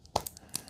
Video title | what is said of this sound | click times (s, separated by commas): eufy Security Video Doorbell E340 UNBOXING & SET UP | and you're going to push it in till it kind of clicks into place | 0.2 s, 0.6 s